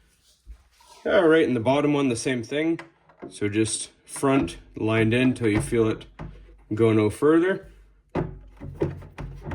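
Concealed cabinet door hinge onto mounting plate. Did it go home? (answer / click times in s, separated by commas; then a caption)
no / none. Someone talks while the bottom concealed hinge of an IKEA cabinet door is lined up with its mounting plate and pushed in until it goes no further. Two short, sharp knocks are heard near the end, at about 9.2 s and 9.5 s. Nothing has clicked or seated onto the mounting plate yet.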